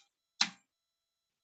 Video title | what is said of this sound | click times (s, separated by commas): 2021 Kayo 230 Carburetor Reinstall - Jet Needle Fix & Choke Cable Setup [Part 2] | Okay. It's popped into place. | 0.4 s